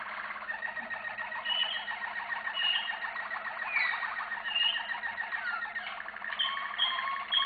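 Canary song, continuous busy rolling trills with higher whistled notes over them, a low hum underneath.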